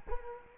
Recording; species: mosquito wingbeat signal from an infrared sensor; Culex quinquefasciatus